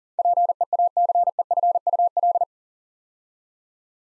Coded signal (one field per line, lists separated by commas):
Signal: Morse code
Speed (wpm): 40 wpm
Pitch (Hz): 700 Hz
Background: none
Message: PEACEFUL